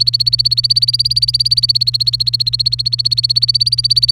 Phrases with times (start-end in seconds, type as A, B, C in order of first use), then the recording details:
0.00-4.11 A. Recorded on 28 April 2018 at 08:58. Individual llb3